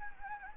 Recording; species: mosquito wingbeat signal from an infrared sensor; Anopheles gambiae